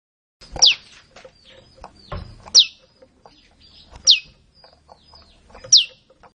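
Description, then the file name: Olive-backed tailorbird calls, clear high notes swooping downward, repeated about every one and a half seconds over faint background clicks. "suara-burung-prenjak-lumut -omkicau"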